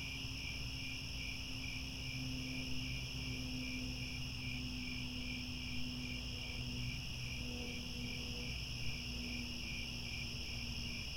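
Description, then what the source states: Continuous cricket trilling in high layered bands, rhythmically pulsing, with a low humming tone and faint background sounds. Chorus of crickets chirping at twilight as the sun sets, with stars overhead.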